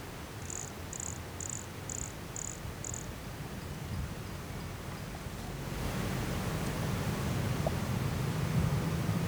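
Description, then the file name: Brachycephalus sulfuratus call: six quick, high-pitched notes at the start, evenly spaced, then only low background noise that grows louder. Recorded near Jurupara dam on 29 September 2016; the animal was not collected. "Brachycephalus sulfuratus near Jurupara dam not collected 29 set 2016 MRBornschein"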